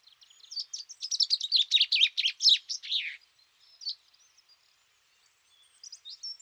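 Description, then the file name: Common chaffinch singing one rattling, descending phrase of sharp notes, followed by a few faint scattered chips. "Fringilla coelebs"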